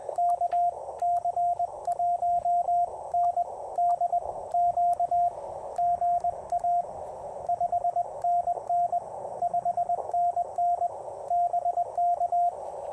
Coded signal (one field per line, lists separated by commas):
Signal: Morse code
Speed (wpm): 20 wpm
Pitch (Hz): 700 Hz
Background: radio noise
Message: KC1NDQ GA 5NN 5NN BK